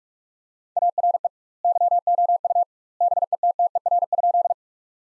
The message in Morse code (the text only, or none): ARE YOU BETTER?